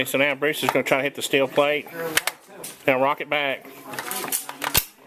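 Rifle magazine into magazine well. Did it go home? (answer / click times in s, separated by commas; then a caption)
yes / 4.8 s. Someone talks while a rifle magazine is rocked back into the magazine well of an Arsenal AK-pattern rifle, with a few small knocks around 4.0, 4.5 and 4.7 seconds. A sharp metallic click at 4.8 seconds marks the magazine locking home, confirming it is seated.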